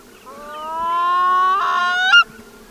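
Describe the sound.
Pacific loon giving a single drawn-out, richly harmonic wail that holds steady, then swells and ends with a sharp upward break near two seconds.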